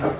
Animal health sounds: pig call; growing-finishing pig (85 days or more)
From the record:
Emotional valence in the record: positive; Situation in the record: run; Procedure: transit

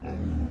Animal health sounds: pig call; growing-finishing pig (85 days or more)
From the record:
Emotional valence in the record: negative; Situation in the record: barren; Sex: female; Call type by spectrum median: low-frequency call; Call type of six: low-frequency stable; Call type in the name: low-frequency stable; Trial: 1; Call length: 0.51 s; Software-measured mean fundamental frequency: 40 Hz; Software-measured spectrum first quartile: 80 Hz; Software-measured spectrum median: 155 Hz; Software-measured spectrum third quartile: 300 Hz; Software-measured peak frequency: 84 Hz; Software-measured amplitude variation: 129 dB a second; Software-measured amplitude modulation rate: 27.3 a second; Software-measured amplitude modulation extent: 4.7 dB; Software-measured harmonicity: -4.4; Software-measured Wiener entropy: -0.35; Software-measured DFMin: 1166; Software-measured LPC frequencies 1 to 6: 1633, 2551, 3811, 5097, 6088, 6796 Hz

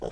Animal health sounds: pig call; piglet (1 to 25 days)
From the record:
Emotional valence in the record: negative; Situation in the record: long isolation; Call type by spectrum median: low-frequency call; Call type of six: low-frequency stable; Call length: 0.11 s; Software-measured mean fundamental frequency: 55 Hz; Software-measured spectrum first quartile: 301 Hz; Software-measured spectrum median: 473 Hz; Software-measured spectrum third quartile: 654 Hz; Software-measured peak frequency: 458 Hz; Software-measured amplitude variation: 139 dB a second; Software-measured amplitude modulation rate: 22.1 a second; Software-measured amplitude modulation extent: 6.3 dB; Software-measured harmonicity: 3.8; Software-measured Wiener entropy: -0.39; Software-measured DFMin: 907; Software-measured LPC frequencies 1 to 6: 528, 3227, 5471, 6224, 7403, 8139 Hz

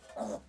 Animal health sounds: pig call; piglet (1 to 25 days)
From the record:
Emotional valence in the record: negative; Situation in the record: restrain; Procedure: back test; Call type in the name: low-frequency call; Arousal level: medium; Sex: male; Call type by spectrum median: low-frequency call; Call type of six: low-frequency stable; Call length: 0.49 s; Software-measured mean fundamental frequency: 69 Hz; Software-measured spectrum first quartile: 399 Hz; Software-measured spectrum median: 617 Hz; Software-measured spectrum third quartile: 1010 Hz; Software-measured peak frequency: 590 Hz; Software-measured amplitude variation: 163 dB a second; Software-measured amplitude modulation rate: 17.4 a second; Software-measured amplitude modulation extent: 9.4 dB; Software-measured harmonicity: 4.0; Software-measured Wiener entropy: -0.53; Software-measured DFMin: 1462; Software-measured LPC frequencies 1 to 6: 624, 3638, 5092, 6291, 7633, 9001 Hz

